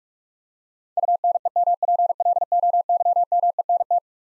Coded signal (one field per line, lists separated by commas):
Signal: Morse code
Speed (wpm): 46 wpm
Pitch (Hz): 700 Hz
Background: none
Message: UNEMPLOYMENT